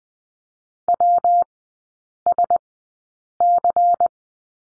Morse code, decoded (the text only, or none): WSC